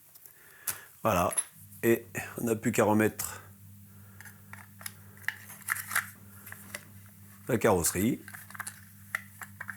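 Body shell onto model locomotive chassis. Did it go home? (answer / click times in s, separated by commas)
yes / 9.1 s, 9.6 s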